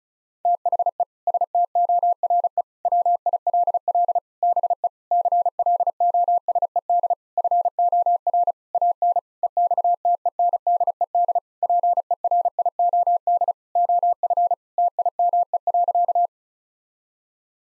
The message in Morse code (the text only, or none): THE STORE WILL BE CLOSED FOR AN EXTENDED PERIOD OF TIME.